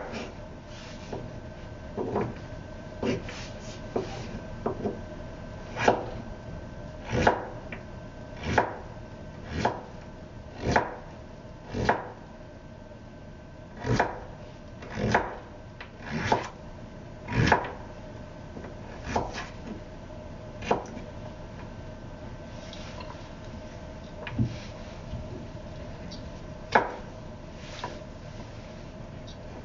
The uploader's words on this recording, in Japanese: 野菜を切る。カレーを作っている途中で野菜を切っている音。